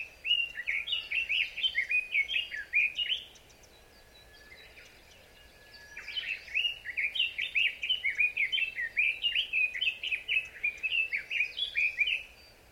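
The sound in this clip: Red-billed leiothrix song: two bouts of rapid, rich warbling phrases, the first about three seconds long, then a pause before a longer second run.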